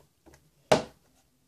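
A plastic Redpepper waterproof phone case lid is pressed by hand onto the case body on a flat surface. After a faint soft sound near 0.3 s, a single sharp, loud click comes at 0.7 s and decays over about a quarter second. The case is seated, snapped shut all the way around.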